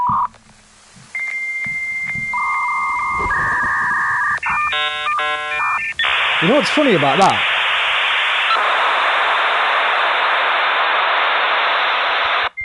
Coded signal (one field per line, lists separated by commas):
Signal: dial-up modem handshake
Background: speech